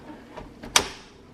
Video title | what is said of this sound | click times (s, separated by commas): Ninja BL910 Smart IQ Blend Kit | and then you'll hear it lock into place | 0.8 s